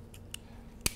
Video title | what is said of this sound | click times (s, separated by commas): Digital Sleep Workflow With Primescan and Panthera with Dr Riaz Yar - Decoding Digital Dentistry | all sort of clicks in | 0.3 s, 0.9 s